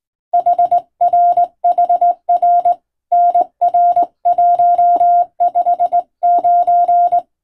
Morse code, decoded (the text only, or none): HR HR NR159